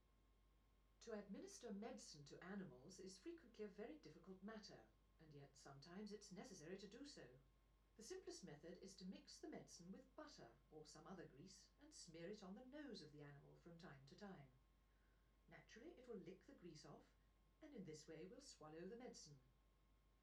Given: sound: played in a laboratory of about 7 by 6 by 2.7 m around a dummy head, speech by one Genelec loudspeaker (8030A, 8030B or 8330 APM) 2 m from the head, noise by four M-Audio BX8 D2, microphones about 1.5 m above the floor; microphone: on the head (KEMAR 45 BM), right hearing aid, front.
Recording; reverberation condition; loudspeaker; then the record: female speech in English; low; 90 degrees to the left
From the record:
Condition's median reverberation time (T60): about 310 ms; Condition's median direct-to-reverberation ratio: about 3.5 dB